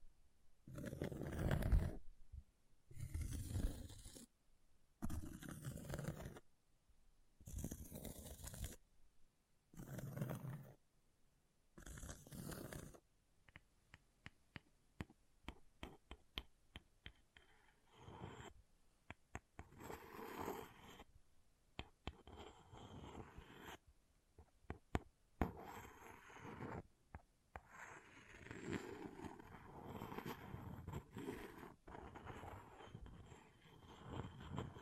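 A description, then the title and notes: Scratching on an object opens with about six loud, rough strokes, each roughly a second long with short silences between. After about 13 seconds the scraping turns into denser, quicker rasping with clicky bits, continuing unevenly to the end with brief pauses near 21 and 27 seconds. ASMR Brain Melting Object Scratching (No Talking).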